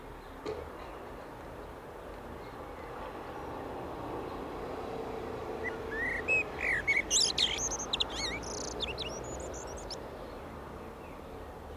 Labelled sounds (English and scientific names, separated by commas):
Common Blackbird (Turdus merula) song